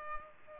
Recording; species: mosquito wingbeat signal from an infrared sensor; Culex pipiens